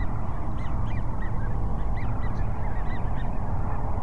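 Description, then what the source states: Sandhill cranes calling as a flock, many overlapping rolling, trumpeting notes throughout, over a steady deep rumble of background noise. Sandhill cranes at Cochise Lakes on 30 January 2019.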